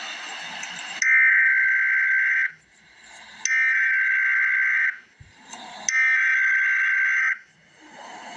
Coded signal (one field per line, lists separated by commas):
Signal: Emergency Alert System (SAME) tones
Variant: header bursts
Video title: Emergency Alert System - Heat Advisory - Aug 26, 2024 at 2:47 PM EDT